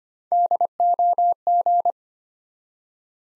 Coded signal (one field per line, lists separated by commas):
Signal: Morse code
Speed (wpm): 25 wpm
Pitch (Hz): 700 Hz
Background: none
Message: DOG